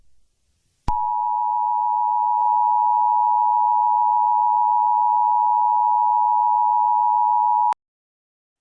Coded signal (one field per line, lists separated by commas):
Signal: Emergency Alert System (SAME) tones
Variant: 853 and 960 Hz attention tone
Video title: DECESD EAS Alarm Tornado Warning